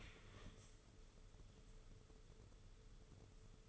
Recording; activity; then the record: daily activity, microphone in the room; stand up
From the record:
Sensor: 4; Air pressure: 995.3 hPa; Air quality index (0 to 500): 216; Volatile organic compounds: 263 ppm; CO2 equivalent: 4393 ppm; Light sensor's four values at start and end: 19/48/19/23 and 18/48/18/22